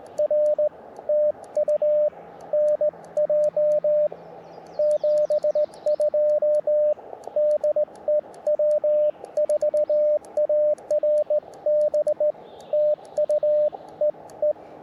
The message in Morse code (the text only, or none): R TU NJ 72 DE W4ARB TU EE